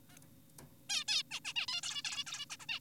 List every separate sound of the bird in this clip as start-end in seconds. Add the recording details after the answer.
0.10-0.17, 0.90-1.04, 1.08-1.23, 1.31-1.40, 1.45-1.53, 1.56-1.66, 1.68-1.81, 1.83-2.02, 2.04-2.24, 2.27-2.46, 2.50-2.56, 2.60-2.66, 2.69-2.80. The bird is an adult. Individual g4p5U